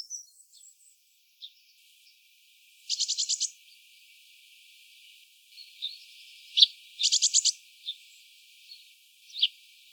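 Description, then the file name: Eurasian blue tit sounds: two quick buzzy bursts of clipped high notes, with scattered sharp chips and faint calls in between against a light hiss. "Cyanistes caeruleus"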